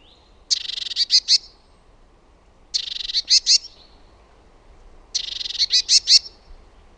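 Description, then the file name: Great tit calls: a harsh, buzzy burst followed by three or four sharp, loud notes, the phrase repeated about every two and a half seconds. "TALITIAINEN"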